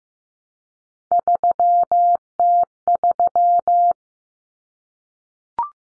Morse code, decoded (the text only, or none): 3T3